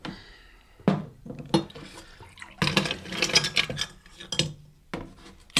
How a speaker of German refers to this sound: Nimmst du auch einen Drink? Ja, du kannst mir einen Whisky einschenken. On the rocks? Mit Eis, ja, aber nicht zu viel.